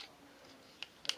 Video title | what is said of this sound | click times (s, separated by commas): Studio Series 86 Voyager Class Scourge review | and just make sure it clicks in there | 0.8 s, 1.1 s